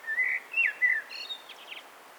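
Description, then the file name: Common blackbird singing a short mellow whistled phrase of several slurred notes, then a quieter, scratchy high-pitched twitter at the end. "Turdus merula"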